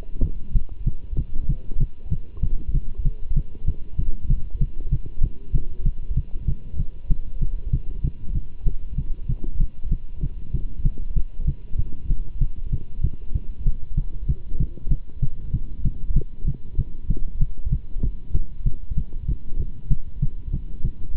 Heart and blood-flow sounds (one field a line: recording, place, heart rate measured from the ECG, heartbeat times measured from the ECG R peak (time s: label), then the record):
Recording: heart sounds by stethoscope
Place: between the tricuspid and mitral areas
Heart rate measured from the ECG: 192 bpm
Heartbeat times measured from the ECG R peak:
0.23 s: heartbeat
0.54 s: heartbeat
0.85 s: heartbeat
1.17 s: heartbeat
1.48 s: heartbeat
1.79 s: heartbeat
2.10 s: heartbeat
2.42 s: heartbeat
2.73 s: heartbeat
3.04 s: heartbeat
3.35 s: heartbeat
3.66 s: heartbeat
3.98 s: heartbeat
4.29 s: heartbeat
4.60 s: heartbeat
4.91 s: heartbeat
5.22 s: heartbeat
5.53 s: heartbeat
5.84 s: heartbeat
6.16 s: heartbeat
6.47 s: heartbeat
6.78 s: heartbeat
7.09 s: heartbeat
7.40 s: heartbeat
7.72 s: heartbeat
8.03 s: heartbeat
8.34 s: heartbeat
8.65 s: heartbeat
8.97 s: heartbeat
9.28 s: heartbeat
9.59 s: heartbeat
9.90 s: heartbeat
10.21 s: heartbeat
10.53 s: heartbeat
10.84 s: heartbeat
11.15 s: heartbeat
11.46 s: heartbeat
11.78 s: heartbeat
12.09 s: heartbeat
12.40 s: heartbeat
12.71 s: heartbeat
13.02 s: heartbeat
13.34 s: heartbeat
13.65 s: heartbeat
13.96 s: heartbeat
14.27 s: heartbeat
14.59 s: heartbeat
14.90 s: heartbeat
15.21 s: heartbeat
15.52 s: heartbeat
15.84 s: heartbeat
16.15 s: heartbeat
16.46 s: heartbeat
16.77 s: heartbeat
17.09 s: heartbeat
17.40 s: heartbeat
17.71 s: heartbeat
18.02 s: heartbeat
18.33 s: heartbeat
18.65 s: heartbeat
18.96 s: heartbeat
19.27 s: heartbeat
19.58 s: heartbeat
19.89 s: heartbeat
20.21 s: heartbeat
20.52 s: heartbeat
20.83 s: heartbeat
21.14 s: heartbeat
From the record:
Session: Bruce protocol treadmill stress test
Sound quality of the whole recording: good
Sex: male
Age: 24 years